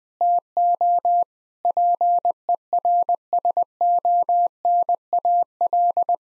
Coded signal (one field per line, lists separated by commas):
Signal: Morse code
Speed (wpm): 20 wpm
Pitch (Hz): 700 Hz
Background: none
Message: TO PERSONAL